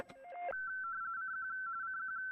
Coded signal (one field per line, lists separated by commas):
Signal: RTTY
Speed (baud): 45.45 baud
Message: CQ CQ